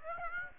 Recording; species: mosquito wingbeat signal from an infrared sensor; Aedes aegypti